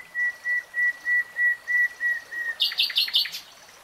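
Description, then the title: Nightingale song: a series of pure, steady whistled notes repeated about three times a second, then breaking into a rough, rapid chattering flourish. Singing; 3-hour real-time recording. "[Tiếng chim hót] 3 Hours REALTIME Nightingale Singing"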